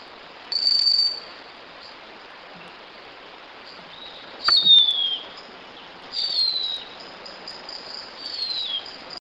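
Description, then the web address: Plumbeous kite calls: thin, high whistles, most sliding downward, given four times at uneven intervals over steady background hiss, with a brief sharp click at the start of the second. Recorded at the Jardim Botânico. "JD Botanico aves sons sovi"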